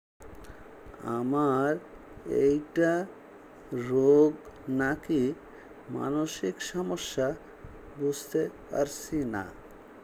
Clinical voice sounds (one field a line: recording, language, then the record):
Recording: elicited speech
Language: Bengali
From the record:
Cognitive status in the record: dementia